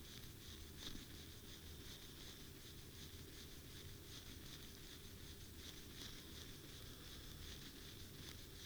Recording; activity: daily activity, guitar pickup as the sensor; brush teeth